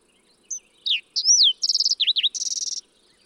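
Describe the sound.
Fox sparrow song opening with sliding whistles and a long falling slur, then a rapid trill, two down-slurred notes and a final buzzy trill.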